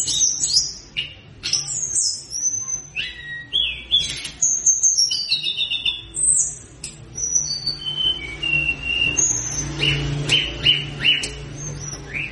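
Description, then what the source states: Sunda Robin: tledekan giving varied high whistled phrases, slurred and falling notes, with a short burst of lower repeated notes toward the end. Singing actively ('gacor'); recording offered as a lure sound to make wild birds answer.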